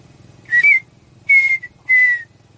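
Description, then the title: Partridge song: one phrase of three loud whistled notes, a short upslurred note followed by two longer falling whistles, over a faint low hum. "Canto de Perdiz"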